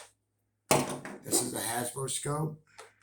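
A plastic Hasbro toy scope is handled near the plastic accessory rail of an XTOYZ ECS10 clone toy blaster, ready to be slid on. Someone talks over faint handling noise. Nothing has seated or clicked yet.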